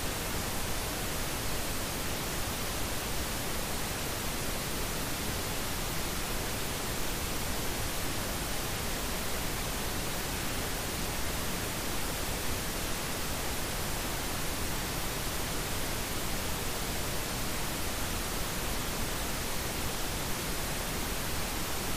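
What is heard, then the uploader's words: Steady, unchanging white noise hisses evenly across low and high ranges for the full length, with no events, pauses or background sounds. Repetitive white noise sound.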